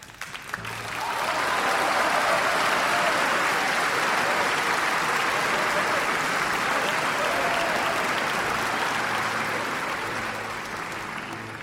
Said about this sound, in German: Der Auftritt der Carlotta im dritten Akt wurde wieder von donnerndem Applaus begleitet.